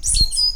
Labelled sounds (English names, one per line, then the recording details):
Stitchbird song
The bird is a male
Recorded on Tiritiri Matangi Island, New Zealand, in 2005
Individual 17, of nest box 25